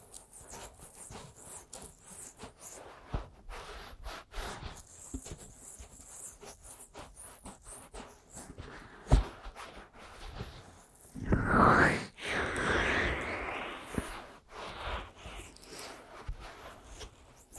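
Aggressive ear massage and tapping: quick, irregular taps and soft crackling rubs run throughout. A sharp tap lands near nine seconds, then a louder, rougher rubbing burst swells around eleven to twelve seconds before the scratchy tapping settles back.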